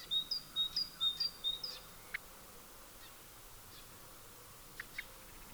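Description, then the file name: Great tit song, four quick two-note phrases alternating high and lower whistles, then only a few faint scattered notes over a steady hiss. "Parus major"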